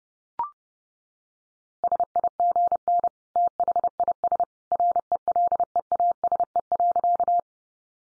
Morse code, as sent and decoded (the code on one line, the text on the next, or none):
... .. --. -. / - .... .. ... / .-. . .-.. . .- ... . .-.-.-
SIGN THIS RELEASE.